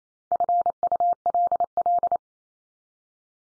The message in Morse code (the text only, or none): FULL